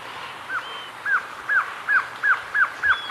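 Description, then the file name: Glossy antshrike giving evenly spaced, hooked downslurred notes, about three per second, with a faint high whistle from another bird. "Canto do choca dagua"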